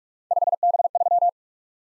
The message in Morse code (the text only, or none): 5B3